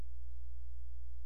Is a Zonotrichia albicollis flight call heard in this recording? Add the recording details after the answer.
no. No flight call is heard. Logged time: 00:04 on 16 September 2014